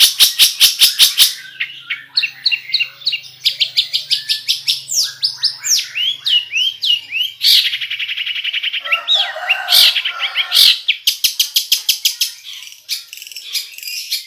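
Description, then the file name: Long-tailed shrike delivering a long, chattering song of rapid high notes, buzzy trills and slurred whistles, with loud pulsed series at the start and end. "suara cendet"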